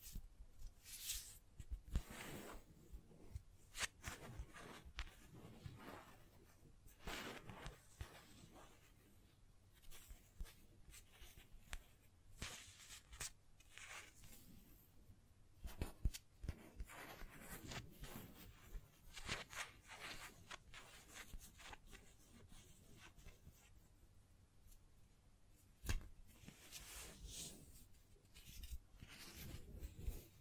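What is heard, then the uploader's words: Scratching, tracing and tapping on a surface, continuing in dense, irregular bursts for the whole half minute. Rough scraping strokes and sharp taps come in quick clusters with brief quieter gaps, and louder flurries stand out around 16 and 26 seconds. ASMR Brain NUMBING Triggers Scratching, Tracing, Tapping (No Talking).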